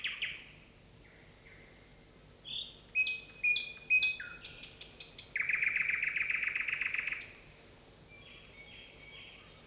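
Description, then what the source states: Bird twittering: varied bright chirps and short whistled notes, then a fast run of repeated notes, with quieter calls after. Forest birds.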